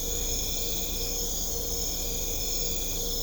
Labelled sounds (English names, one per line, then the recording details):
none
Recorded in secondary vegetation near Puerto Asís, Putumayo, Colombia, on 21 December 2024 at 22:30
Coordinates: 0.500, -76.326
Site G065